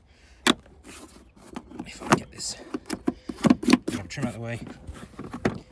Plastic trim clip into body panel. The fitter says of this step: I think that was a fourth, isn't it? I think they both clicked in at the same time.